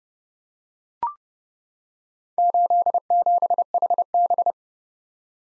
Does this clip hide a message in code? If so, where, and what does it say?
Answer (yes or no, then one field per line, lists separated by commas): yes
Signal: Morse code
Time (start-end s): 2.4-4.5 s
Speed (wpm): 30 wpm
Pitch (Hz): 700 Hz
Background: none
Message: 87HB